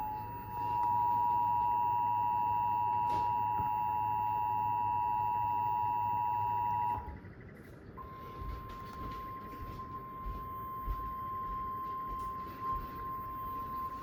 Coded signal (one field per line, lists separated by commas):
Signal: Emergency Alert System (SAME) tones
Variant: 853 and 960 Hz attention tone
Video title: Severe Thunderstorm Warning EAS (Cox) 6/24/2025